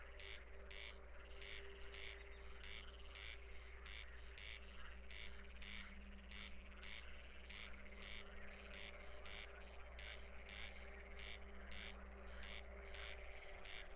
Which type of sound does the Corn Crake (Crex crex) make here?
song